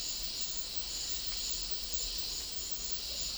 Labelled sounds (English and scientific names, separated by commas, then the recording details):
none
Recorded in dense forest near Puerto Asís, Putumayo, Colombia, on 20 February 2024 at 10:00
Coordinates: 0.500, -76.322
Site G6465